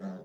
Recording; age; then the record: pig call; piglet (1 to 25 days)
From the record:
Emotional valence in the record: negative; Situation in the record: short isolation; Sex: male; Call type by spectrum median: low-frequency call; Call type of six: low-frequency modulated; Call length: 0.24 s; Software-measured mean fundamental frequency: 63 Hz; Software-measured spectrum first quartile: 192 Hz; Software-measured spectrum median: 272 Hz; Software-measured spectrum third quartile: 632 Hz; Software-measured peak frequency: 194 Hz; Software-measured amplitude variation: 87 dB a second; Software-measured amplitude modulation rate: 18.3 a second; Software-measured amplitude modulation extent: 4.7 dB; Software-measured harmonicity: 6.0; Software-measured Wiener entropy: -0.26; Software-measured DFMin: 1228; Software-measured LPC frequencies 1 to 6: 1452, 3451, 4060, 5329, 5870, 6735 Hz